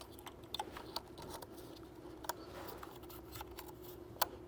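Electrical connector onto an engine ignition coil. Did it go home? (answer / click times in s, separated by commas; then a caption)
yes / 0.5 s, 4.2 s. An electrical plug is pushed onto an ignition coil on the engine of a 2012–2015 Mercedes-Benz W204 C250 / R172 SLK250 during spark plug replacement. Sharp, short plastic clicks ring out over a low steady hum, along with a few other faint ticks. The connectors click in and seat at 0.6 s and 4.2 s.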